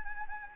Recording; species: mosquito wingbeat signal from an infrared sensor; Anopheles gambiae